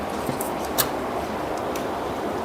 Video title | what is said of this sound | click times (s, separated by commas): 고사양 컴퓨터 조립하기 (초보가능) | 딸깍 소리가 나게 꽂아 주시고요 | 0.4 s, 0.8 s